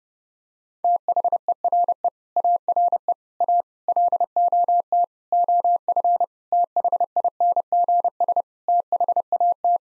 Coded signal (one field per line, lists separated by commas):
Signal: Morse code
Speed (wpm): 30 wpm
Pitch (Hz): 700 Hz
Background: none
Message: THERE ARE A LOT OF THINGS THAT